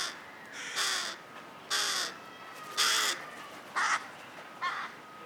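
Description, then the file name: Carrion crow cawing: five harsh, hoarse caws spaced roughly a second apart, some slightly uneven, over a quiet background. "Corvus corone"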